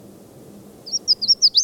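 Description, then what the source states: Red-faced Warbler starting a high, sweet twittering phrase of quick slurred notes after a quiet pause, cut off as the run builds. At the foot of Mount Elden Road on 17 May, about 10–10:30, after several other calls; the bird sang while flying from tree to tree.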